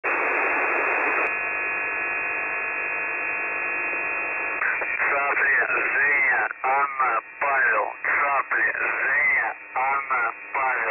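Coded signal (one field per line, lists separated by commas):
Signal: numbers station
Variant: UVB-76, Russian voice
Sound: static hiss, a steady droning tone, then a voice speaking short phrases with pauses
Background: radio static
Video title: The Buzzer/ UVB-76 Voice Message (January 20, 2021, 11:43 UTC)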